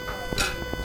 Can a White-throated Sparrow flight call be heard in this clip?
no